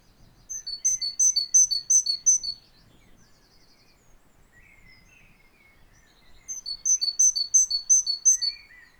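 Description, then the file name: Great tit with a repeated two-note song, high note then lower note, delivered in quick bursts. "Parus major"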